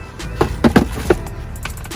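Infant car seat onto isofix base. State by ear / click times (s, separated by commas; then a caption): not seated / none. An infant car seat from the Venicci Tinum Special Edition is handled over its isofix base in a car, producing short plastic knocks and bumps at about 0.4, 0.6, 0.8 and 1.1 seconds. The seat has not seated on the base, and no click has happened yet.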